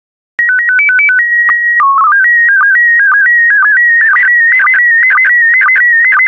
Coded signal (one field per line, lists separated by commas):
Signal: SSTV (slow-scan television)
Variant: PD 120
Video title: 155082 Canoeing and Kayaking SSTV PD120